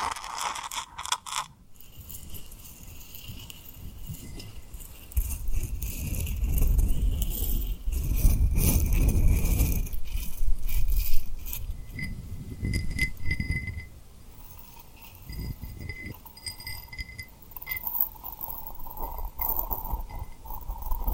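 Tapping and rubbing on rhinestones, with soft whispered mouth sounds layered over it. A sharp clatter opens the first two seconds, then gritty rubbing swells in low rumbling waves around five to ten seconds and again near twelve. Small bright clicks and clinks sparkle throughout.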